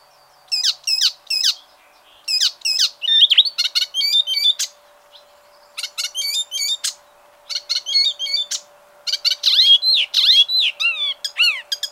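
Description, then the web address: Bird giving bursts of sharp high chirps and twittering notes, grouped in quick runs separated by short pauses, with a slurred whistle near the end. "ornitologiya slovar Ptichki"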